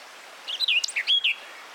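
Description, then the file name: Eurasian blackcap song phrase: a brief run of clear, high warbled notes, quick slurred whistles lasting under a second against a steady background hiss. "Sylvia atricapilla"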